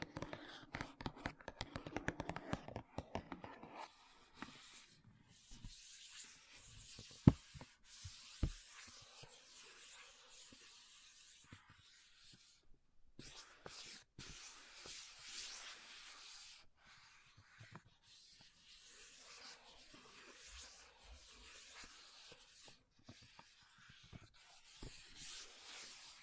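Makeup tapping and scratching, opening with about four seconds of quick, dense tapping. After that come softer scratching and rubbing strokes that are mostly bright and hissy, with a few sharp taps near seven and eight seconds and gentle scraping continuing to the end.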